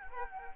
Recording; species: mosquito wingbeat signal from an infrared sensor; Anopheles gambiae